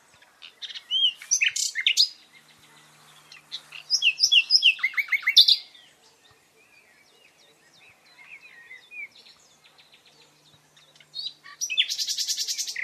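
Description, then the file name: Common nightingale song in bursts: rich varied phrases with loud rapid note series, quieter pauses between, ending with a fast dry rattling trill. "Luscinia megarhynchos"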